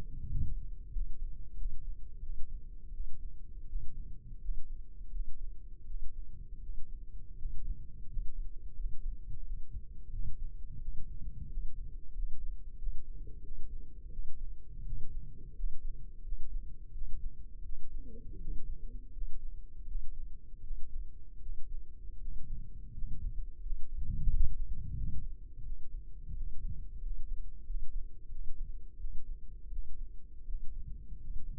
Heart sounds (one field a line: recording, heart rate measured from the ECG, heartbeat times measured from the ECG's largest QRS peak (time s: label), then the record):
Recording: heart sounds by microphone in the left ear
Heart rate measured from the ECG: 85 bpm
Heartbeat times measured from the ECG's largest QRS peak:
0.24 s: heartbeat
0.88 s: heartbeat
1.53 s: heartbeat
2.18 s: heartbeat
2.89 s: heartbeat
3.64 s: heartbeat
4.37 s: heartbeat
5.08 s: heartbeat
5.82 s: heartbeat
6.58 s: heartbeat
7.33 s: heartbeat
8.04 s: heartbeat
8.72 s: heartbeat
9.40 s: heartbeat
10.08 s: heartbeat
10.76 s: heartbeat
11.45 s: heartbeat
12.10 s: heartbeat
12.74 s: heartbeat
13.39 s: heartbeat
14.08 s: heartbeat
14.81 s: heartbeat
15.51 s: heartbeat
16.20 s: heartbeat
16.89 s: heartbeat
17.60 s: heartbeat
18.36 s: heartbeat
19.09 s: heartbeat
19.83 s: heartbeat
20.59 s: heartbeat
21.37 s: heartbeat
22.16 s: heartbeat
22.89 s: heartbeat
23.58 s: heartbeat
24.25 s: heartbeat
24.92 s: heartbeat
25.60 s: heartbeat
26.31 s: heartbeat
26.98 s: heartbeat
27.62 s: heartbeat
28.27 s: heartbeat
28.95 s: heartbeat
29.67 s: heartbeat
30.43 s: heartbeat
31.15 s: heartbeat
From the record:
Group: healthy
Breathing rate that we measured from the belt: 16 breaths a minute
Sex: male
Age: 21 years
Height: 180 cm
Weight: 67.5 kg